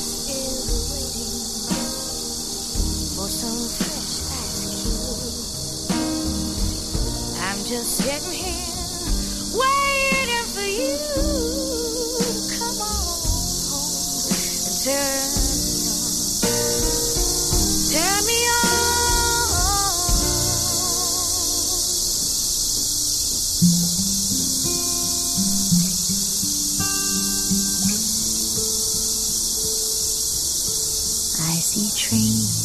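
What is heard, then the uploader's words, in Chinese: Cicadas in the trees keep up a steady, bright, dense buzz that never lets up across the whole stretch. Beneath them a lazy jazz tune plays on, with low bass and drums, chords, and sliding, wavering melody lines around the middle. 一座城市的声音记忆：蝉鸣。大狗采集了树上蝉儿的鸣叫，配上慵懒的爵士乐曲。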